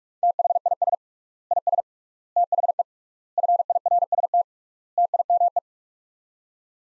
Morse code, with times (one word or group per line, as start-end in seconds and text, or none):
0.2-0.9 THIS
1.5-1.8 IS
2.4-2.8 THE
3.4-4.4 FIRST
5.0-5.6 TIME